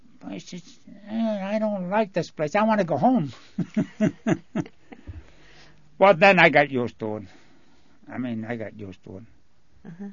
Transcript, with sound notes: I said, "I don't like this place. I want to go home." ( he laughs ) But then I got used to it. I mean, I got used to it.